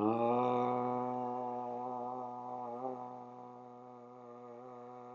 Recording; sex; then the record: sustained vowel /a/; male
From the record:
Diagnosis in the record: healthy control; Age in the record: 76 years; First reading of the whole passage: 56 s, 9.2 characters per second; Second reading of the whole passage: 53 s, 9.7 characters per second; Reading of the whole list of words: 49 s, 5.7 characters per second